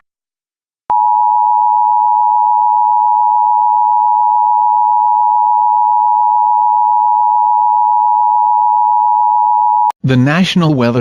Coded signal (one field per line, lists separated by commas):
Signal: Emergency Alert System (SAME) tones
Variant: 853 and 960 Hz attention tone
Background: speech